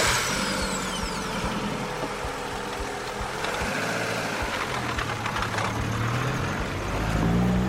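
A car engine hums steadily as the car drives to pick someone up, a low droning rumble with rattling vibration and a slight rise in pitch near the end. No voices.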